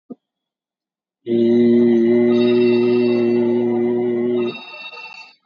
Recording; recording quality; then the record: sustained vowel as in beet; excellent, no background noise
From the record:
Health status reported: COVID-19 positive, moderate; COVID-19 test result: positive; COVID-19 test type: RT-PCR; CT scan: taken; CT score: 15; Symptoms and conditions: cough, cold, fever, muscle pain, loss of smell and taste, diarrhoea, another condition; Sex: male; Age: 55 years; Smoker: no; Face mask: worn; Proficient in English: yes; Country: India